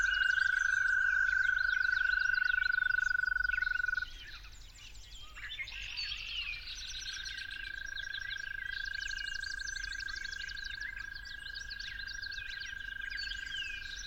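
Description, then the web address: Toad trill loud for four seconds, then stopping; a fainter trill starts again and continues, with birds chirping and singing throughout. Toads calling at dawn. "musicofnature Toads at Dawn"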